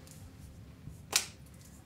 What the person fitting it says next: once you hear that click that lets you know that it's secure